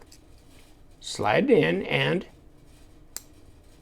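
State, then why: Seated. A small titanium stinger pick is slid into its slot in a folding knife's handle, where a small detent ball holds it. Someone talks from about 1.1 to 2.3 s. A sharp, brief snap at 3.2 s marks the pick seating firmly in place without rattling.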